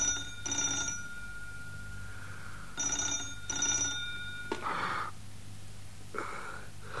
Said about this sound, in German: Dann schien auch für Chefinspektor Nutting endlich Feierabend zu sein. Doch da klingelte das Telefon.